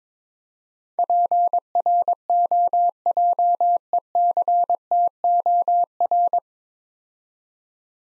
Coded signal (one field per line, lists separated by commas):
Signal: Morse code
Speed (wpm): 22 wpm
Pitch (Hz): 700 Hz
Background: none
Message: PROJECTOR